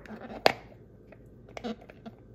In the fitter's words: you'll kind of hear it snap right there